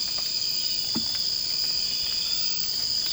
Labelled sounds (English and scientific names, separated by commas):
none